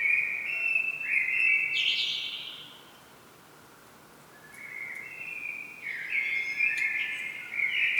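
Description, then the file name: Common blackbird singing mellow, fluting whistled phrases, the first ending in a higher squeaky twitter, then a quiet pause before further phrases. "Turdus merula"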